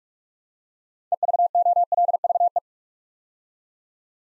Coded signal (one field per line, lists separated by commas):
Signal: Morse code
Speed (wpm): 44 wpm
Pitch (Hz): 700 Hz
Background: none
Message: EVOLVE